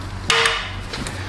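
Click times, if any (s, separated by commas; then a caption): 0.3 s. In a Jeep engine cylinder head, a screwdriver tip set in the end of a steel cam follower (rocker) pries lightly against the camshaft as the follower is pulled up onto the valve stem and lash adjuster. A sharp metallic snap rings out at 0.3 s, then fades into quieter background noise. The cam follower snaps back into place, seated.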